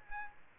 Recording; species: mosquito wingbeat signal from an infrared sensor; Aedes aegypti